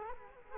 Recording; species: mosquito wingbeat signal from an infrared sensor; Culex quinquefasciatus